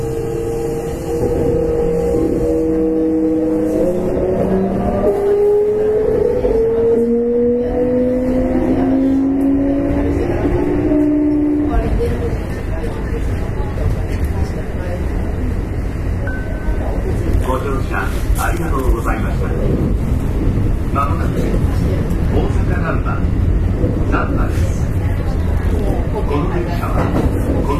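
Inside an express train on the Nara Line, a steady low rumble of running fills the whole recording. Over the first twelve seconds, rising and falling motor whines sweep upward, then fade into plain rolling noise with faint clicks and a murmur of voices.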